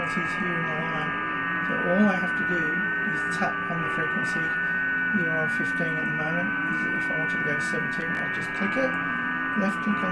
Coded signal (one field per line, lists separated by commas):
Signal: FT8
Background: speech